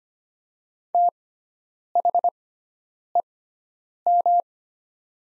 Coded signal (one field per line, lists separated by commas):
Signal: Morse code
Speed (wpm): 25 wpm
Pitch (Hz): 700 Hz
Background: none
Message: THEM